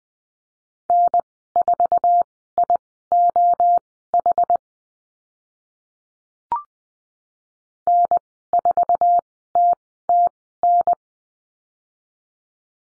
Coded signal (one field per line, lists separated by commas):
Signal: Morse code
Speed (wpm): 20 wpm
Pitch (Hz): 700 Hz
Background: none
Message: N4IOH N4TTN